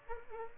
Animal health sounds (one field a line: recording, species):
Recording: mosquito wingbeat signal from an infrared sensor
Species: Aedes albopictus